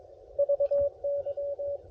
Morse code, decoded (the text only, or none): VY